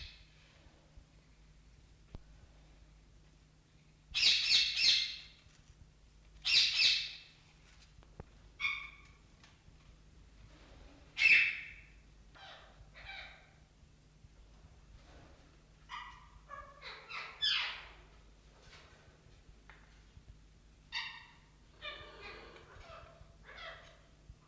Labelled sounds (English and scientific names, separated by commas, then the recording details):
Rose-ringed Parakeet (Psittacula krameri) call
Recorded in captivity
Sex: male
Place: Ruhr-Zoo Gelsenkirchen, Nordrhein-Westfalen, DE
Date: 1971-01-30
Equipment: Halbspur, 9,5 cm/s
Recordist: Lütgens, Hans
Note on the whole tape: Rufe eines Männchens